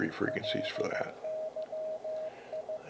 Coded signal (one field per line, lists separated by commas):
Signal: Morse code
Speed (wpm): 15 wpm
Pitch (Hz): 630 Hz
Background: speech, radio noise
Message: LYI